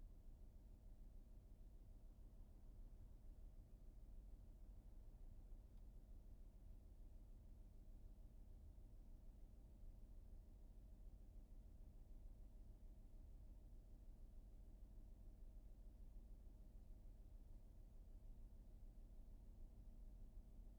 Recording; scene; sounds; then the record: everyday scene through a hearing-aid microphone; in a vehicle; engine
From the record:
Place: VW T5 Caravelle, diesel engine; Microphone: behind the ear, right, rear